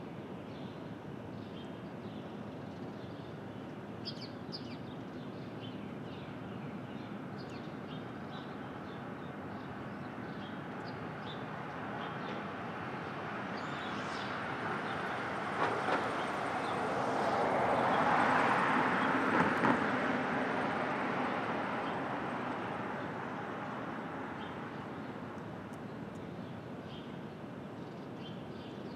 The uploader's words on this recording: Brooklyn Dawn. Street Traffic, Open Air II.